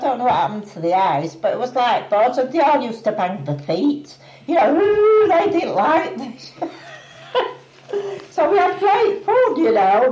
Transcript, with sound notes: I don't know what happened to the ice, but it was like boards and they all used to bang their feet. You know, "Ooh!" They didn't like this, [laughs] you know? So we had great fun, you know.